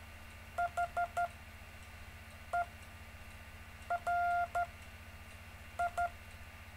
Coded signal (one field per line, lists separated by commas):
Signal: Morse code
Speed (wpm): 13 wpm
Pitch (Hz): 700 Hz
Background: none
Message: H E R I